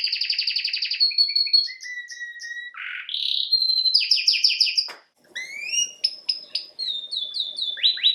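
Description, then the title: Domestic canary song mixing pure whistles, a harsh buzzy burst and fast note runs. A brief silence breaks it before sharp rising chirps resume. Male Belgian canary singing a lot, to warm up young birds. "Esquente Seu Filhote E Canario Belga Macho Cantando Muito"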